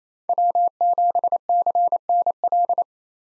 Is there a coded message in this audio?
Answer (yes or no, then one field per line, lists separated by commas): yes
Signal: Morse code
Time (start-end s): 0.3-2.8 s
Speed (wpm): 28 wpm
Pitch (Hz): 700 Hz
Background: none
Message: W7CNL